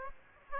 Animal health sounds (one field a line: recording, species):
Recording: mosquito wingbeat signal from an infrared sensor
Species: Aedes aegypti